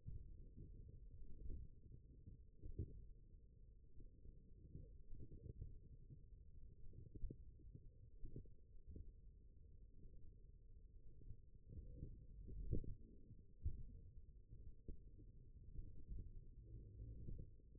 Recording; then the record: forearm muscle sounds (acoustic myography)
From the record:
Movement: tripod grip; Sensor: system 1, eight BSWA MPA416 microphones around the upper forearm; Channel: 7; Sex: male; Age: 20 years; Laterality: left